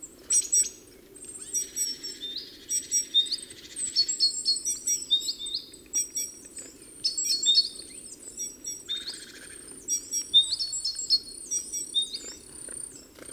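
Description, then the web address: Great tit chattering with dense high chirps, slurred whistles and a couple of brief buzzy rasps throughout. "SETE Parus major"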